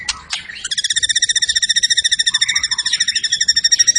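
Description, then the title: White-rumped shama song: two sharp notes, then a long, fast buzzy rattle of evenly spaced pulses with rich layered overtones. Lure recording used to rouse other birds; an energetic shama singing loudly and delivering its full repertoire. "PANCINGAN MURAI BATU. MURAI GACOR SUPER EDAN SEMUA MATERI DI KELUARIN COCOK BUAT DONGKRAK EMOSI. SHAMA BIRD"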